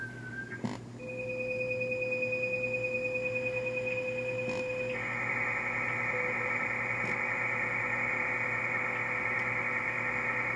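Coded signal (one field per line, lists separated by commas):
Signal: MT63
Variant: MT63-2000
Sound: two steady tones for about four seconds, then a continuous wide, even, hissing warble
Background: low hum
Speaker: have one new message one for first message back over here comes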